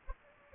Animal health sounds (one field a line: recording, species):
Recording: mosquito wingbeat signal from an infrared sensor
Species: Anopheles gambiae